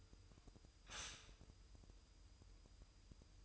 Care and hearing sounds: daily activity, microphone in the room; stop toaster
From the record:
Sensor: 2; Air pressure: 988.4 hPa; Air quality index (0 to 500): 191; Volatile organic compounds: 185 ppm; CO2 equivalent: 4162 ppm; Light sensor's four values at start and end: 20/68/27/25 and 20/68/27/25

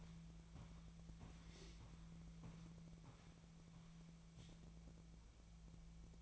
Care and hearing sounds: daily activity, microphone in the room; walk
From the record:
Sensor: 1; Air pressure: 1012.2 hPa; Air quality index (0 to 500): 176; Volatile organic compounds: 3 ppm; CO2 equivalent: 1443 ppm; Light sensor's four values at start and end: 47/130/53/65 and 47/130/53/65

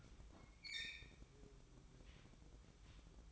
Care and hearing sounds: daily activity, microphone in the room; open fridge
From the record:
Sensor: 1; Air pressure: 1007.8 hPa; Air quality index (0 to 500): 85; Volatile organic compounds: 1 ppm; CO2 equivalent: 731 ppm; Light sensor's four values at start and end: 13/31/13/14 and 13/31/13/14

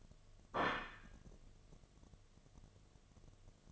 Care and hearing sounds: daily activity, microphone in the room; place plate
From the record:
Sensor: 4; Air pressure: 1005.1 hPa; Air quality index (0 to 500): 184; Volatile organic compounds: 5 ppm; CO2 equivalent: 1805 ppm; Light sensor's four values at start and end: 5/12/4/4 and 5/12/4/4

